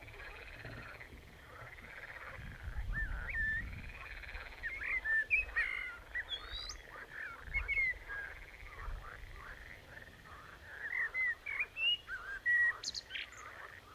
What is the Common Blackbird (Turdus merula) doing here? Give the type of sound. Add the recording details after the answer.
song. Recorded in the wild. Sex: male. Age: adult. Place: Horn-Bad Meinberg, OT Billerbeck, Lipper Bergland, Nordrhein-Westfalen, DE. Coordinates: 51.8833, 9.03333. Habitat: pond. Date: 1970-05-19. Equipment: Uher 4000 Report-S, Bändchenmikro Beyer M 260, Parabolspiegel Polyester (470 mm). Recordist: Conrads, Klaus